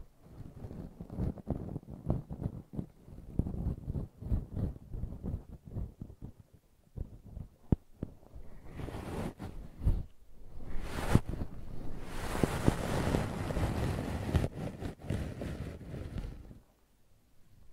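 Brushing and scratching, starting as quick, regular low strokes for about eight seconds. Then the sound turns into a denser, brighter, rougher scrape with a few sharp clicks around eleven seconds. It stops abruptly near sixteen seconds, leaving near silence.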